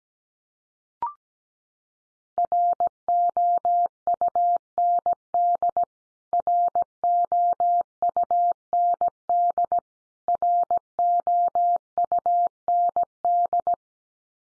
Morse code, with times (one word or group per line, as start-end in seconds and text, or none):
2.4-5.8 ROUND
6.3-9.8 ROUND
10.3-13.7 ROUND